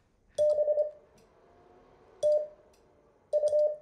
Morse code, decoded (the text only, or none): BTU